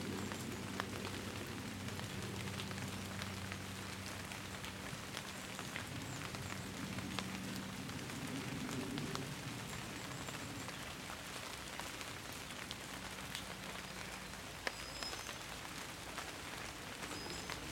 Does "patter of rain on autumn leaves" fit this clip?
yes